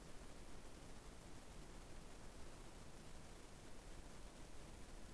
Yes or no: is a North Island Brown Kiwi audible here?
no